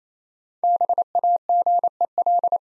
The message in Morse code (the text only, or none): BAGEL